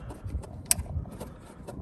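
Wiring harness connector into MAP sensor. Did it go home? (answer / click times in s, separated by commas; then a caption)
yes / 0.7 s. The wiring harness electrical connector is plugged onto a new MAP sensor on the throttle body of a 1999 Jeep Cherokee XJ, replaced to fix engine hesitation. A sharp, bright click at 0.7 s stands out above quieter low rumbling and faint ticks. The connector clicks in tight and is seated.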